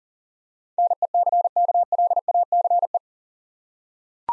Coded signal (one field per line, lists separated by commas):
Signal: Morse code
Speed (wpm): 41 wpm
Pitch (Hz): 700 Hz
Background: none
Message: NECKLACE